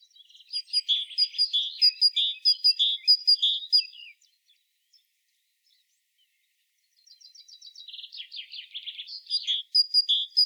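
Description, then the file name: Great tit calling in sharp high-low note pairs for four seconds, a few seconds of silence, then a rapid chipping run leading back into the alternating notes. "Parus major"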